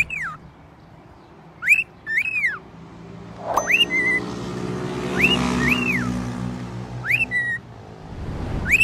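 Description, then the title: Cockatiel whistles, several rising-and-falling arched notes spaced a second or two apart, over low background rumble and noise. "Calopsitas Cantando Assobio"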